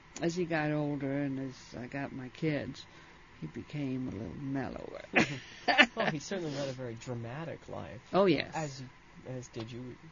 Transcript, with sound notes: as he got older and as I got my kids, he became a little mellower. ( she laughs )
Well, he certainly led a very dramatic life.
Oh, yeah.
As did you also.